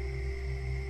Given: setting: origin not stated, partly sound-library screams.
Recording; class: one-second piece from a danger detection set; normal situation